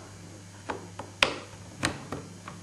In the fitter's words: once it's in rotate it so it snaps in place give it a little pull to make sure that everything